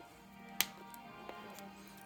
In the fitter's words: and you have to hear the little clicking sound